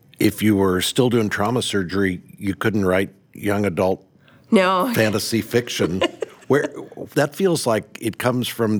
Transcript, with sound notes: If you were still doing trauma surgery, you couldn’t write young adult fantasy fiction.
(laughing) No.
That feels like it comes from